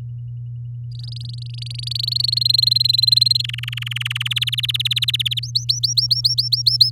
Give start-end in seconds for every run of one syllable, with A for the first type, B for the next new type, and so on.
0.92-2.39 A, 2.41-3.42 B, 3.44-4.28 C, 4.30-5.40 D, 5.43-6.90 E